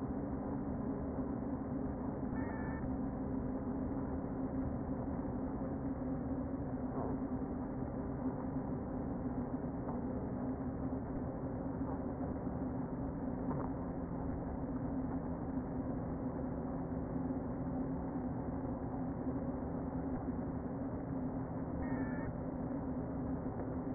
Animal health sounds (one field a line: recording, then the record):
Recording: honeybee colony, microphone inside the hive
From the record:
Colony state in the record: queen present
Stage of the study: before two queens were removed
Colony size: about 60,000 bees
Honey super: yes